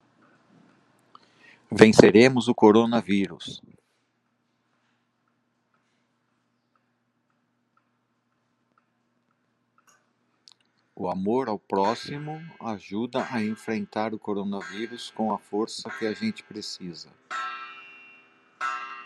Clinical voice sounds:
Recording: spoken sentence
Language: Brazilian Portuguese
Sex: male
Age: 60 to 69 years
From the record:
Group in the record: control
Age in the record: 60 years

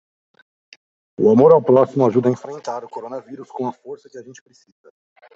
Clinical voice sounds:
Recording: spoken sentence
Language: Brazilian Portuguese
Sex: male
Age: 30 to 39 years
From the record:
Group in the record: control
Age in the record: 39 years

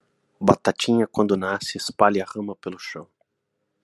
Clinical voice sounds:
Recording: short text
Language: Brazilian Portuguese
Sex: male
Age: 50 to 59 years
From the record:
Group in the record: control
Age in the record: 53 years

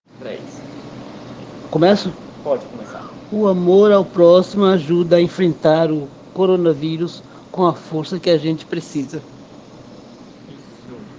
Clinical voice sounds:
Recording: spoken sentence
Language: Brazilian Portuguese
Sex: female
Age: 70 to 79 years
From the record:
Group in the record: respiratory insufficiency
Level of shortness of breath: 5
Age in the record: 72 years

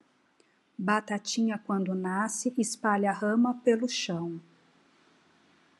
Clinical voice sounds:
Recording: short text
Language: Brazilian Portuguese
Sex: female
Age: 40 to 49 years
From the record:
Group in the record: control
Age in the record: 49 years

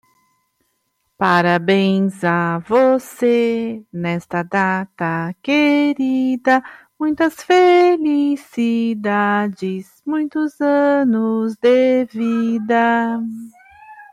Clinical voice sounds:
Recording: short text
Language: Brazilian Portuguese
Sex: female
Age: 40 to 49 years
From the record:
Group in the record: control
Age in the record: 49 years

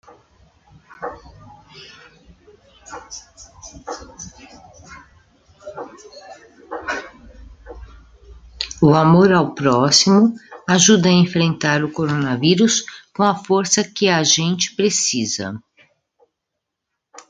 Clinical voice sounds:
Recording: spoken sentence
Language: Brazilian Portuguese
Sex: female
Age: 50 to 59 years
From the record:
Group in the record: control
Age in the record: 57 years

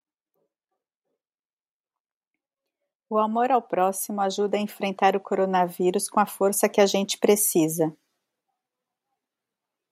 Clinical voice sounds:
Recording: spoken sentence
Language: Brazilian Portuguese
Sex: female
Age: 40 to 49 years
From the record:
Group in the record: control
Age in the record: 47 years

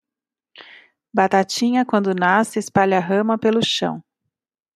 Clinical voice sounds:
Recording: short text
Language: Brazilian Portuguese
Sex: female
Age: 40 to 49 years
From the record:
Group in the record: control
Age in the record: 44 years

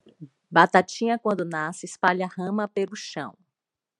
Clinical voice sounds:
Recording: short text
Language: Brazilian Portuguese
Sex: female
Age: 40 to 49 years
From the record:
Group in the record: control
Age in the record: 49 years

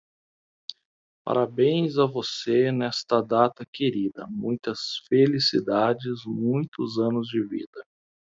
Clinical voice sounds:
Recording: short text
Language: Brazilian Portuguese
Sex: male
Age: 30 to 39 years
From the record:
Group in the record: control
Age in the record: 39 years

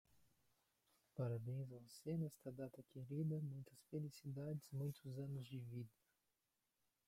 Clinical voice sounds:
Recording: short text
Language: Brazilian Portuguese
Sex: male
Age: 20 to 29 years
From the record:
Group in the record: control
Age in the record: 23 years

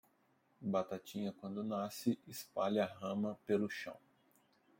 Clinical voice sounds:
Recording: short text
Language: Brazilian Portuguese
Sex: male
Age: 30 to 39 years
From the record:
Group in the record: control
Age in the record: 36 years

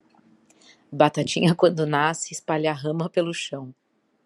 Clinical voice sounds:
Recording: short text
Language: Brazilian Portuguese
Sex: female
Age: 40 to 49 years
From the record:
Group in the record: control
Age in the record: 45 years

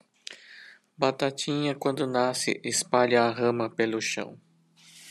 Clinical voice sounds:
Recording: short text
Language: Brazilian Portuguese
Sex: male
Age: 50 to 59 years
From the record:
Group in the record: control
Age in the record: 57 years

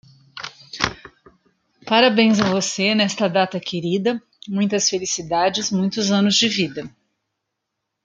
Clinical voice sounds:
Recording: short text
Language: Brazilian Portuguese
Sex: female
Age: 50 to 59 years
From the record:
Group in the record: control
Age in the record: 57 years

